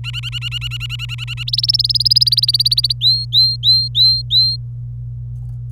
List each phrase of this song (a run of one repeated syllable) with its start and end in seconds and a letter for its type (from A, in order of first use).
0.04-1.43 A, 1.47-2.92 B, 3.01-4.56 C